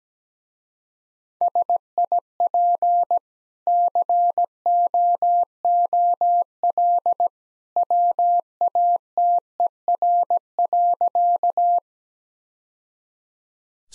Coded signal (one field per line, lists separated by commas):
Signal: Morse code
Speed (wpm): 17 wpm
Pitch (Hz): 700 Hz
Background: none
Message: SIP COOL WATER.